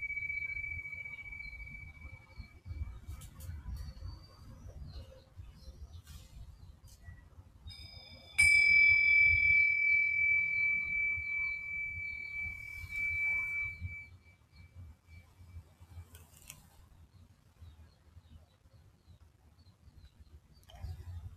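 A Tibetan singing bowl rings with a steady, clear tone around 2.5 kHz that fades over the first seconds. At about 8 seconds a fresh strike makes it ring loud and bright, slowly dying away by 14 seconds. A soft low rumble and scattered small clicks run underneath.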